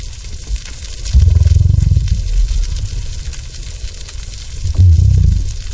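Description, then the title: Gray whale breathing, two deep rumbling blows about four seconds apart, each a broad low rush of air, with steady water hiss throughout. "Respiros_Ballena_gris"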